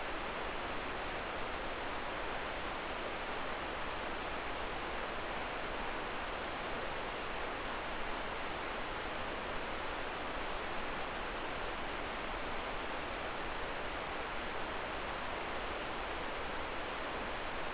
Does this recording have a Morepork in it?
no